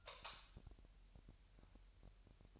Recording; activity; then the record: daily activity, microphone in the room; light off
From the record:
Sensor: 2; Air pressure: 1001.7 hPa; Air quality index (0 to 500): 241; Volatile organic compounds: 31 ppm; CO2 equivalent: 2987 ppm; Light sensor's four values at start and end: 8/24/10/9 and 4/10/4/4